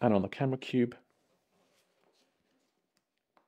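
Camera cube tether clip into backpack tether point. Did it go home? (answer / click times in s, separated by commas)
yes / 3.4 s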